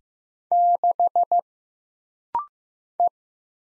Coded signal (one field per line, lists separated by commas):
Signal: Morse code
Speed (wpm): 15 wpm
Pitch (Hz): 700 Hz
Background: none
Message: 6 E